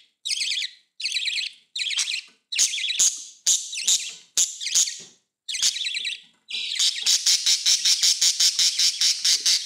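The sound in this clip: Budgerigar making grating squawks in short bursts, then breaking into a quick, continuous run of harsh chattering notes.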